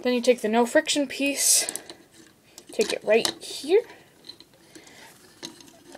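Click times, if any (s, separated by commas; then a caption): none. Someone talks while fitting the plastic "no friction" piece into a plastic toy assembly and pushing it in. Small ticking contacts follow, but the part has not clicked into place yet.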